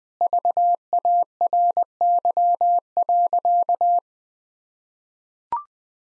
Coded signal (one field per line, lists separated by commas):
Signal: Morse code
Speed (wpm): 20 wpm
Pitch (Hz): 700 Hz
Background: none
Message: VARY.